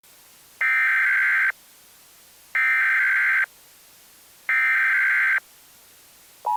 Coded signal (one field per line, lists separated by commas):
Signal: Emergency Alert System (SAME) tones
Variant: header bursts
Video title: The EAS Scenario: Tornado of the Severe Threats.